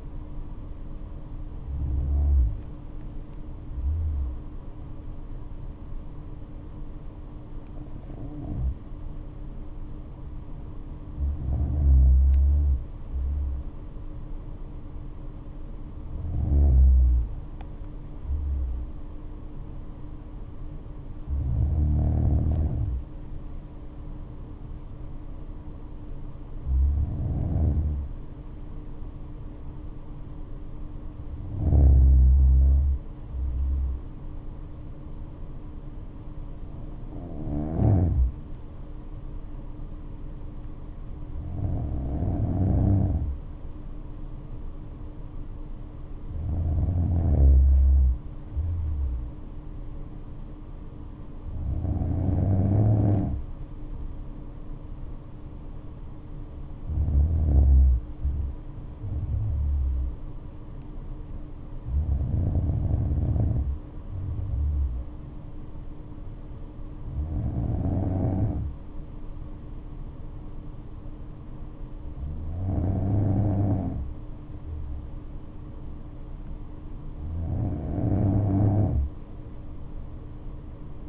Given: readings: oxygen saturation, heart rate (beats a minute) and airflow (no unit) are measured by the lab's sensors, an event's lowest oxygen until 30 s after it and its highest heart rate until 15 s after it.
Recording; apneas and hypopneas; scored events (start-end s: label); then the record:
breathing in sleep by a smartphone at the bedside; 1
20.00-81.09 s: new sleep stage, N2 (light sleep)
27.00-42.10 s: hypopnea (N2, oxygen 96% highest, then 93% lowest, heart rate 64 at the start, 70 highest)
From the record:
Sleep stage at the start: N1 (lightest sleep); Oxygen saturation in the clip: 93 to 97%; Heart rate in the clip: 58 to 72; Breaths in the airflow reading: 16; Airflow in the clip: -7.7 to 8.9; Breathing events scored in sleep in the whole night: 228 in 5.4 hours asleep